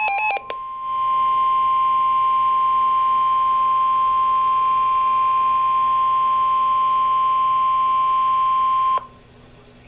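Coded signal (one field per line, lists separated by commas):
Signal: Emergency Alert System (SAME) tones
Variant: 1050 Hz attention tone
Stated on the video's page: Severe thunderstorm warning EAS alert for Madison and Morgan counties, Alabama.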